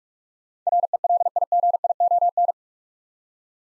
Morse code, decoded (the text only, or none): RELIGION